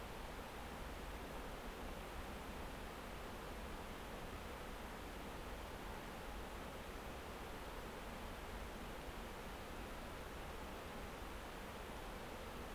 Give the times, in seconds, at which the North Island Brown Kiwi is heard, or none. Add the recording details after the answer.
none. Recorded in New Zealand on 9 December 2013. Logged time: 23:28. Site DE65